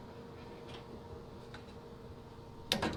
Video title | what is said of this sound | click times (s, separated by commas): GE Dryer Natural Gas to Propane/Liquid Propane Conversion in less than 30 minutes, Easy! | And then you snap that into place as well. | 2.7 s